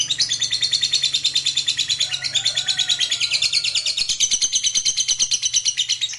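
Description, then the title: Lovebird in a sustained shrill trill, fast evenly pulsed notes running unbroken throughout, with a faint low hum underneath. Fighter lovebird giving a long ngekek. "Begitu Dengar Suara Lovebird FIGHTER NGEKEK PANJANG"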